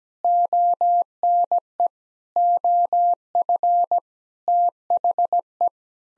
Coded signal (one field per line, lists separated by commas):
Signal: Morse code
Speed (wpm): 17 wpm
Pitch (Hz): 700 Hz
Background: none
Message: ONE OF THE